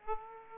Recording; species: mosquito wingbeat signal from an infrared sensor; Aedes aegypti